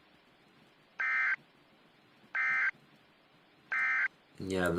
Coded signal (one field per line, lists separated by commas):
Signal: Emergency Alert System (SAME) tones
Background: speech